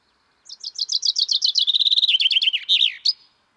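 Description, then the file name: Common chaffinch song: a rattling series of chipping notes that descends in pitch, finishing with a twisted flourish and one last high note. "Fringilla coelebs"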